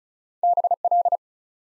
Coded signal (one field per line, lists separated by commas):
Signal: Morse code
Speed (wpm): 36 wpm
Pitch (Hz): 700 Hz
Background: none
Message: BL